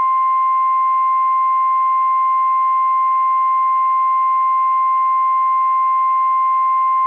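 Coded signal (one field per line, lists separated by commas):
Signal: Emergency Alert System (SAME) tones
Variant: 1050 Hz attention tone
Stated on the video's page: Fictional EAS scenario compilation styled as NOAA weather radio alerts, recorded on a phone via noaaweatherradio.org; not a real alert.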